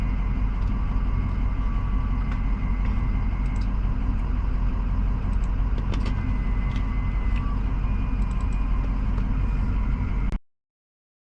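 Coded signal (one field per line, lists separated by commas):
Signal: FT8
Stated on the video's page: FT8 during Parks on the Air activation of several parks.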